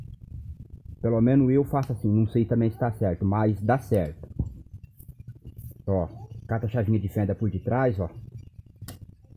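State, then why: Seated. A small flat screwdriver pushes a retaining part on the bendix (drive gear) shaft of a truck starter motor into place from behind while someone talks. One sharp metallic tick is heard at 8.9 s as the part snaps into place and seats.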